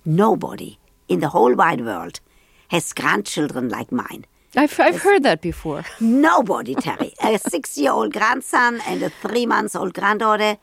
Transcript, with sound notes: Nobody in the whole wide world has grandchildren like mine.
I've heard that before (laughter).
Nobody, Terry - a 6-year-old grandson and a 3-months-old granddaughter.